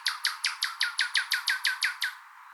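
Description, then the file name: Common nightingale song phrase: about a dozen loud, harsh, down-slurred notes repeated rapidly, then stopping abruptly. "Luscinia megarhynchos"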